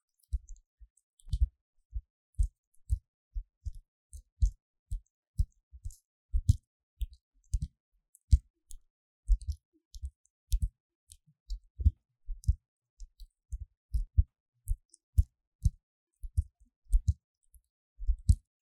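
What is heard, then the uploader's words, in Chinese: Paper cups being handled make a series of soft, dull taps and thumps, each short and separated by brief silences. The hits come at an irregular pace, about two or three per second, mostly low and muffled, some with a faint crisp tick on top. 紙杯觸發 | Paper Cup triggers | NoTalking。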